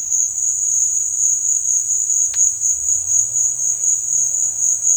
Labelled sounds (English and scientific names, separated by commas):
none